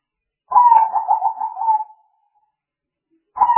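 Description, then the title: Spotted dove, one soft, rolling coo phrase of quick pulsed notes fading out, followed after a pause by the start of another phrase. Used as a lure for trapping spotted doves. "Pikat Burung Tekukur"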